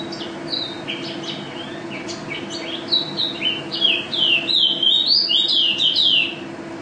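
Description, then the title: White-eye song of quick high chirps that build into a louder, rapid run of bright slurred whistles, over a low steady hum. Contest bird, national champion, singing constantly (gacor); song styles 'teler' and 'ropel' with canary-imitation fills (isian kenari); 2015 video. "Pleci Juara 1 Nasional pleci Gacor juara nasional teler gacor ropel pleci isian kenari Video 2015"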